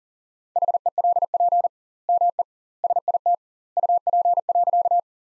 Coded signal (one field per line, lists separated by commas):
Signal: Morse code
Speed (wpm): 40 wpm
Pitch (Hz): 700 Hz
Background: none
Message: HELP ME SIT UP.